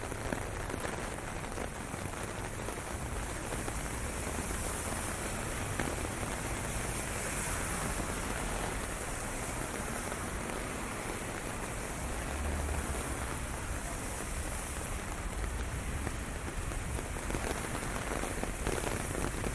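Rain falls steadily on a Tokyo street, a dense, even hiss filling the whole twenty seconds without letting up. Tiny patters and taps flicker through it constantly, and a soft low rumble swells briefly around the twelve-second mark beneath the downpour.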